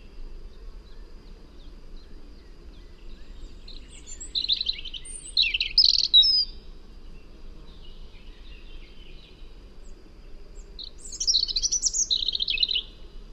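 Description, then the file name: European robin delivering two bursts of high, jumbled, sparkling song about six seconds apart, each mixing thin whistles with quick twittering notes, low hum beneath. "Erithacus rubecula"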